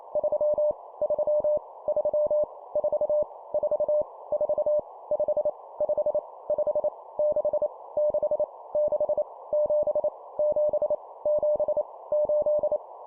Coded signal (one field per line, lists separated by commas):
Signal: Morse code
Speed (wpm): 28 wpm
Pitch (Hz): 600 Hz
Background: none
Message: 3 3 3 4 4 4 5 5 5 6 6 6 7 7 7 8